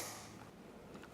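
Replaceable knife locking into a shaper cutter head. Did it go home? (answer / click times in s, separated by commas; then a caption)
no / none. A replaceable knife, rotated 90 degrees to a fresh edge, sits in the closed head of a multi-use shaper cutter while the head is pressed down and turned to lock it. Quiet mechanical handling and faint creaking run through the clip, with a slight rise near 1.0 s. Nothing has seated or clicked yet.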